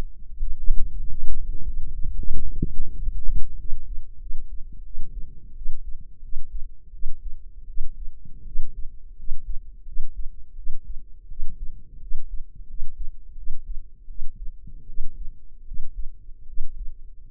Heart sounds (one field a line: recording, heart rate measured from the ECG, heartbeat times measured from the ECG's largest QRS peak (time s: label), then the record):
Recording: heart sounds by microphone in the left ear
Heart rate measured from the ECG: 85 bpm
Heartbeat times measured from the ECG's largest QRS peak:
0.26 s: heartbeat
0.94 s: heartbeat
1.62 s: heartbeat
2.27 s: heartbeat
2.92 s: heartbeat
3.55 s: heartbeat
4.17 s: heartbeat
4.81 s: heartbeat
5.52 s: heartbeat
6.19 s: heartbeat
6.90 s: heartbeat
7.64 s: heartbeat
8.42 s: heartbeat
9.14 s: heartbeat
9.83 s: heartbeat
10.53 s: heartbeat
11.26 s: heartbeat
11.97 s: heartbeat
12.64 s: heartbeat
13.33 s: heartbeat
14.05 s: heartbeat
14.84 s: heartbeat
15.62 s: heartbeat
16.44 s: heartbeat
From the record:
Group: healthy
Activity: cold pressor test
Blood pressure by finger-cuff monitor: 124/74 mmHg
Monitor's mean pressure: 91 mmHg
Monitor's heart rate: 86 bpm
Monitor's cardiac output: 7.4 L/min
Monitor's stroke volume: 85 mL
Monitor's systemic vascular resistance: 890 dyn s/cm5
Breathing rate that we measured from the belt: 18 breaths a minute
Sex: female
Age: 23 years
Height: 160 cm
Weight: 50.4 kg